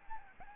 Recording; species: mosquito wingbeat signal from an infrared sensor; Aedes albopictus